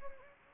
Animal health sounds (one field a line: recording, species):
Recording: mosquito wingbeat signal from an infrared sensor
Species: Anopheles gambiae